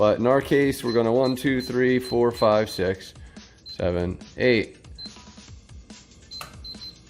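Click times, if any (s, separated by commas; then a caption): 5.9 s. Someone talks while the code 12345678 is entered on the keypad of a steel BlackSmith Home Safe 0.8 Cub biometric fingerprint safe. At 5.9 s the electronic lock releases the door bolt with a click, and the safe opens.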